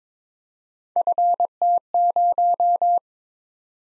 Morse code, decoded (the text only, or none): FT0